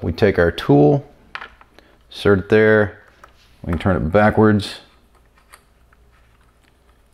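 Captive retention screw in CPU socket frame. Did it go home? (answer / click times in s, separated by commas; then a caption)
released / 5.5 s. A Torx tool turns a captive retention screw in a Threadripper CPU socket frame backwards while someone talks, with a few faint ticks around 1.4–1.8 s. After the talking stops, a soft click at 5.5 s marks the screw coming out of its thread, and it is released.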